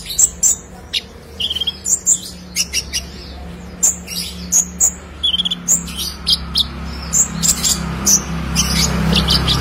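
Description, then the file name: Sunbird song: series of short, sharp, very high chirps and brief twitters, with a low hum underneath. "Kolibri Lebah"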